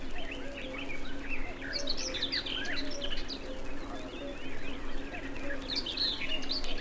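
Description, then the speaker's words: Common Whitethroat giving quick chattering twitters in short bursts, with a constant low drone and background hiss. Hurried, twittering song delivered in flight as the bird rises on fluttering wings; after the trill it drops back into the bushes. "Это поет серая Славка. Слышите, какая у нее торопливая и щебечущая песенка."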